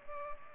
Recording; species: mosquito wingbeat signal from an infrared sensor; Culex pipiens